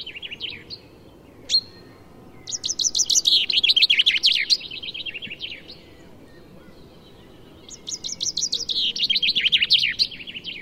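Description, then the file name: Common chaffinch song: two phrases a few seconds apart, each a rapid series of bright notes, with a few isolated notes before the first. "Fringilla coelebs"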